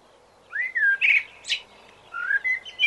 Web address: bbc Bird Song Site Blackbird - Merle